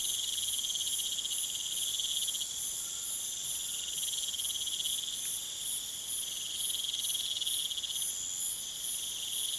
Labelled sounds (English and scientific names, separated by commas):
none